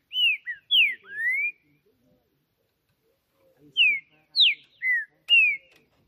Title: Esse É PERFEITO Para ESQUENTAR Seu TRINCA Piando, Cantando E Macheando Na DISPUTA. Trinca Ferro CANTANDO MUITO de CARA em CIMA do TELHADO! Disputa INSANA!! TRINCA JUSTICEIRO & FBI